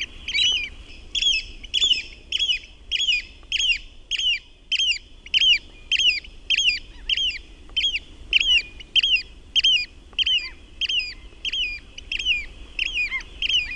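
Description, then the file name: Eurasian oystercatcher repeating loud, ringing piping calls at an even pace of about two per second, with low background noise. "MERIHARAKKA"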